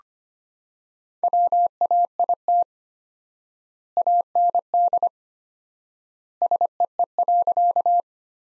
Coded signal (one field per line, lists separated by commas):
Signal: Morse code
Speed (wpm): 25 wpm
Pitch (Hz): 700 Hz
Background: none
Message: WAIT AND SEE.